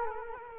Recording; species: mosquito wingbeat signal from an infrared sensor; Culex quinquefasciatus